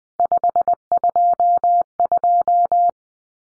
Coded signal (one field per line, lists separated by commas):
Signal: Morse code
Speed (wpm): 20 wpm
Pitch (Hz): 700 Hz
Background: none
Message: 522